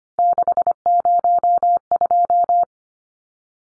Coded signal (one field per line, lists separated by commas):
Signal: Morse code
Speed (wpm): 25 wpm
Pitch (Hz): 700 Hz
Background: none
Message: 602